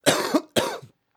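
Two short, harsh coughs from an adult, one right after the other.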